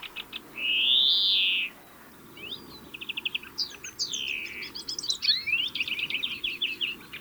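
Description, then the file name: European greenfinch song with a long drawn-out wheeze near the start, then a quick trill and a busy jumble of twittering notes. "Chloris chloris"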